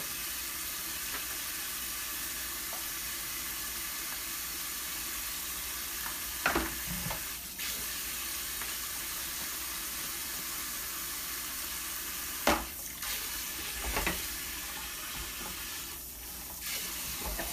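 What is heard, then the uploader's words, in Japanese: Okonomiyaki cooks on a griddle with a steady, dense sizzle that hisses evenly throughout. A few sharp scraping or tapping knocks stand out, around 6–7 seconds, at 12.5, near 14, and again close to the end, likely a spatula working the pancake. お好み焼きを焼く。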